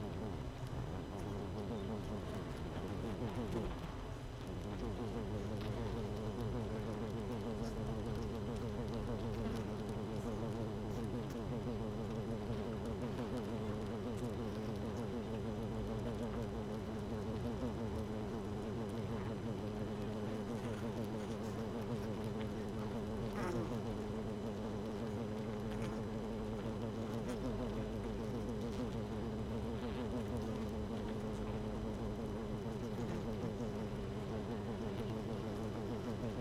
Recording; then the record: honeybee colony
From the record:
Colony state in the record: missing queen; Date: 31 May 2018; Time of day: 7:20